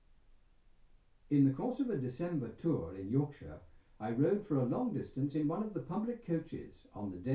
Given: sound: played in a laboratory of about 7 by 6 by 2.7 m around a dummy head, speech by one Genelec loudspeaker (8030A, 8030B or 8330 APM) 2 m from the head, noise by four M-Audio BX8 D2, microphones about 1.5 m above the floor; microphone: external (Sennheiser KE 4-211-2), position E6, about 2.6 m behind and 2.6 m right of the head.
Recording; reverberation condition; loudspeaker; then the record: male speech in English; low; 120 degrees to the right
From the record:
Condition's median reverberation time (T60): about 310 ms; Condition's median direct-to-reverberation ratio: about 3.5 dB